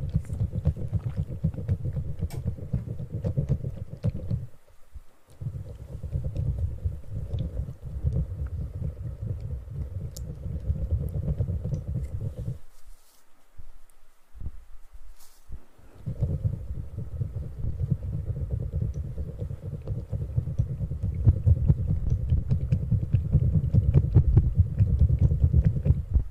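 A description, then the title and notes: Mouth sounds come as a dense, low, rumbling wash with faint scattered clicks and ticks above it. The murmur drops out briefly near 5 seconds and goes nearly silent from about 12 to 15 seconds, then returns and grows slightly fuller toward the end. ASMR Super tingly Mouth sounds.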